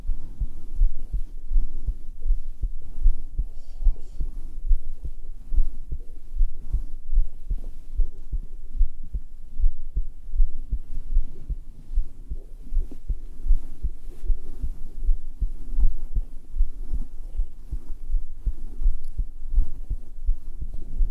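A steady human heartbeat, picked up directly against bare skin near the heart with a black 3Dio microphone for ASMR: deep, muffled lub-dub thumps repeating in an even rhythm, with a soft low rumble between beats and no voices.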